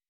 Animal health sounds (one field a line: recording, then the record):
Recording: hydrophone in a shrimp aquaculture tank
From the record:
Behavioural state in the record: weakened